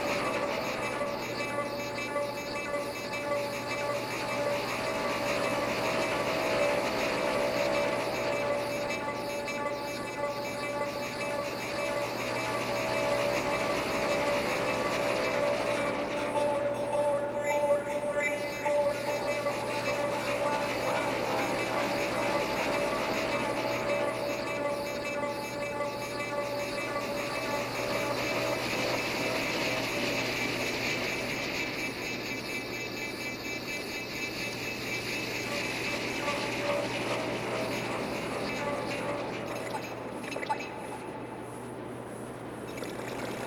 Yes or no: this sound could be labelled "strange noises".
yes